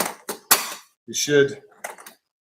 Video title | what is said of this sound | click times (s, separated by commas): OEM Luggage For The 2012 Honda NC700X! | and it'll lock into place and then | 0.3 s, 0.5 s